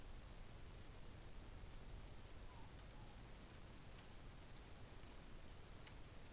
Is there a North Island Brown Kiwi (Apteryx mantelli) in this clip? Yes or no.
no